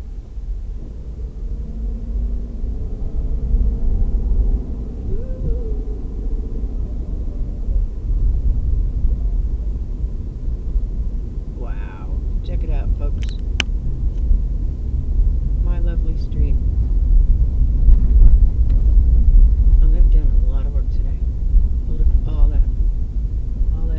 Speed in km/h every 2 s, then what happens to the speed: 16, 24, 31, 34, 34, 34, 34, 32, 31, 27, 26, 26.
0-6 speeds up to 34. 6-24 slows to 26.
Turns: none.